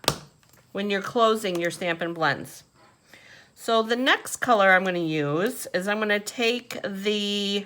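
The plastic cap of a Stampin' Blends alcohol marker is pressed onto the marker barrel and snaps shut with a single loud, sharp click at 0.1 s, seating the cap. Someone talks before and after the click.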